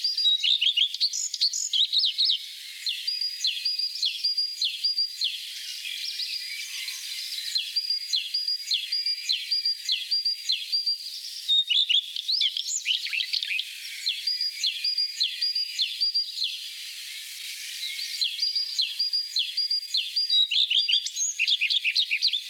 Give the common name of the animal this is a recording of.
Common Redstart